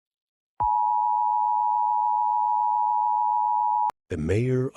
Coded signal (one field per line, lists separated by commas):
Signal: Emergency Alert System (SAME) tones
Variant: 853 and 960 Hz attention tone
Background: speech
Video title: Brookhaven EAS broadcast